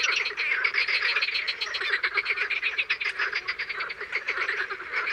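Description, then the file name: Frogs and toads calling in a dense chorus, rapid pulsed croaks and trills overlapping continuously. Recorded in the morning. "BATRACIENS AU MATIN"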